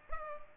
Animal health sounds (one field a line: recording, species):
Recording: mosquito wingbeat signal from an infrared sensor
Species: Culex pipiens